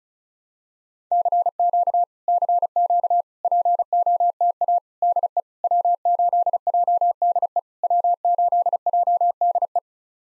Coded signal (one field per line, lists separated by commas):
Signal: Morse code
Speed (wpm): 36 wpm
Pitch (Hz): 700 Hz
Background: none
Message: CQ CQ POTA DE W8JDE W8JDE